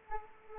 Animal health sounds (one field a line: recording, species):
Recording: mosquito wingbeat signal from an infrared sensor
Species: Anopheles arabiensis